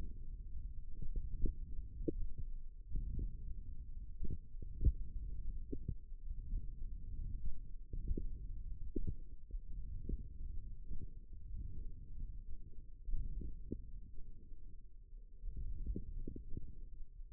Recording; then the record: forearm muscle sounds (acoustic myography)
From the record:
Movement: hook grip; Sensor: system 1, eight BSWA MPA416 microphones around the upper forearm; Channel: 2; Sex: male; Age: 18 years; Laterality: right